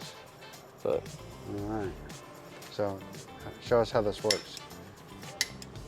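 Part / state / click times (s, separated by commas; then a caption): torque wrench on a lug nut / torque reached / 5.4 s. Someone talks while a mechanic pulls a click-type torque wrench on a wheel lug nut until it reaches the set value. A sharp click is heard at 5.4 s, confirming the wrench has reached its torque setting, the click signalling that the desired foot-pounds have been reached.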